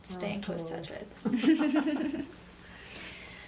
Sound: laughter

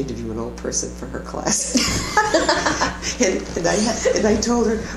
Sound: laughter

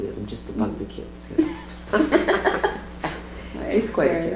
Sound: laughter

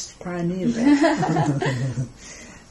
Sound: laughs

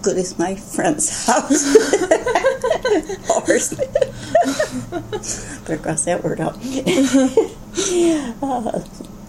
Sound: laughter

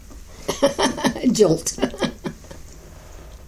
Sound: laughter

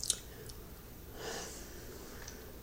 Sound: sigh

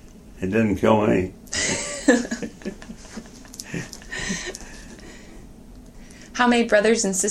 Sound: laughter

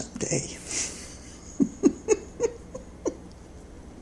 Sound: laughs

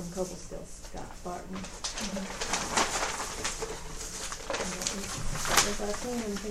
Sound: rustling of paper throughout

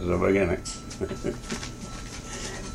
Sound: laughter

